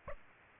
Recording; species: mosquito wingbeat signal from an infrared sensor; Aedes aegypti